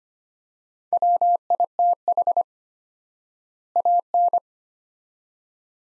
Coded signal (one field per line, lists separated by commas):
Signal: Morse code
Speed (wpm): 25 wpm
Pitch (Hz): 700 Hz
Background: none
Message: WITH AN